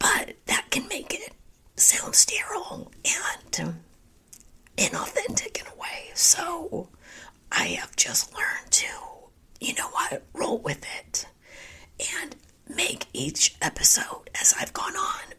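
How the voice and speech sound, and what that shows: Adult female speaker with spasmodic dysphonia. Her voice is largely breathy and whispery, sounding like laryngitis, with brief moments of clearer voicing between breaks in connected speech.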